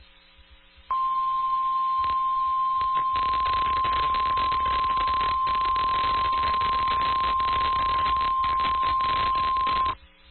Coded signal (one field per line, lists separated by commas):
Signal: Emergency Alert System (SAME) tones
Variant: 1050 Hz attention tone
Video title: EAS#674-689 EAS alerts from September 29th to December 2nd, 2023.